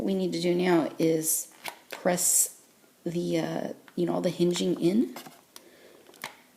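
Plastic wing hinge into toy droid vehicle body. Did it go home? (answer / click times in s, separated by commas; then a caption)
yes / 5.6 s, 6.2 s. A plastic wing hinge on a Hasbro Star Wars Vulture Droid toy vehicle is pressed into its grooves to switch it to flight mode while someone talks. After the talking stops, short sharp clicks at 5.6 s and 6.2 s mark the hinge snapping into place.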